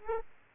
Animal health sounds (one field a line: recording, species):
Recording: mosquito wingbeat signal from an infrared sensor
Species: Aedes aegypti